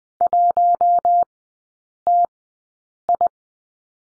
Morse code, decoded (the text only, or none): 1TI